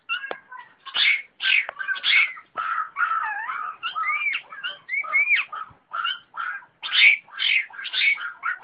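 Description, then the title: Long-tailed shrike singing a loud, varied sequence of chirps, twisting whistled slurs and warbled phrases in quick succession. Combination song (kombinasi) style. "Cendet Kombinasi"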